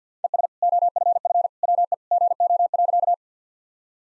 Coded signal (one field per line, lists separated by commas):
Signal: Morse code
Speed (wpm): 50 wpm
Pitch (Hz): 700 Hz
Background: none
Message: ES OFF WE GO.